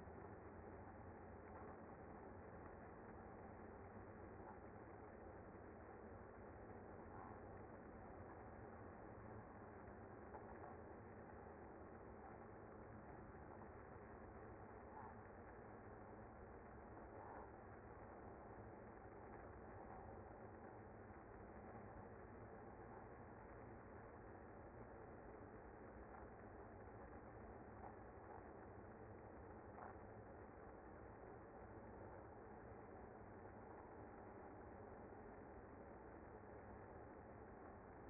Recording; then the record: honeybee colony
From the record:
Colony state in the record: active